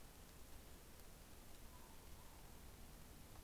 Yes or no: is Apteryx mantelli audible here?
no